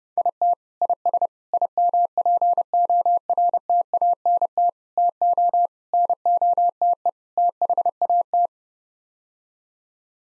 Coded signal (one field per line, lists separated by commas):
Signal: Morse code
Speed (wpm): 32 wpm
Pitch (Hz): 700 Hz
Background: none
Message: IT IS IMPORTANT TO NOTE THAT